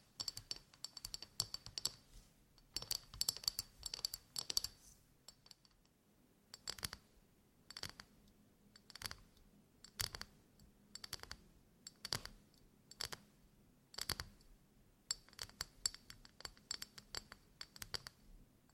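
ASMR tapping: quick, sharp taps with a bright, glassy ring, coming in clustered bursts during the first five seconds, then more spaced single taps and short runs through to the end. A faint low hum sits steadily underneath.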